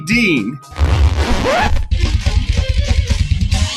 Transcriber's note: energetic music; record scratching